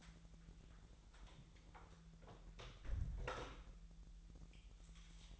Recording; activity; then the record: daily activity, microphone in the room; close door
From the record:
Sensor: 3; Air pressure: 1001.4 hPa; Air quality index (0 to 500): 250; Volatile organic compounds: 161 ppm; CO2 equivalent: 4070 ppm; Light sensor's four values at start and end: 13/30/12/12 and 12/29/12/12